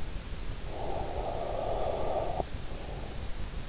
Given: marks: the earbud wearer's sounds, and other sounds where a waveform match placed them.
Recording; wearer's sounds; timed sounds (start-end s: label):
sounds in sleep by an in-ear microphone; breath
0.60-3.27 s: breath